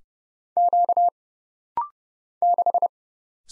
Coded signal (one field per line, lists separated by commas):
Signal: Morse code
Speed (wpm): 30 wpm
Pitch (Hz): 700 Hz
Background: none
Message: Q 6